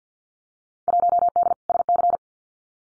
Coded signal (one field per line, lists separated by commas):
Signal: Morse code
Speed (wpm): 50 wpm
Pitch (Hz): 700 Hz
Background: none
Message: 1D SC